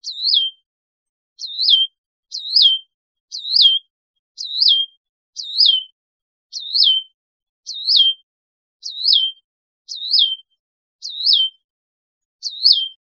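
Hutton's vireo singing a monotonous series of identical high slurred phrases, each rising then dropping, repeated roughly every second with short gaps.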